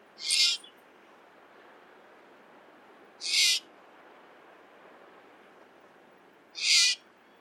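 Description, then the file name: Eurasian jay giving three harsh, rasping screeches, each about half a second long and spaced roughly three seconds apart, over a faint steady background hiss. "Garrulus glandarius"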